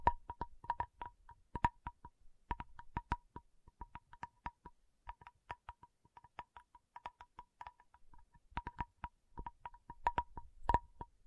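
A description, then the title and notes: Tapping in quick, uneven bursts, each tap a short sharp click with a slight ringing tone in the middle range. The taps come in clusters of several with brief pauses between, a few louder strikes standing out near the start and the end. Quiet otherwise. Tapping Session (No Talking).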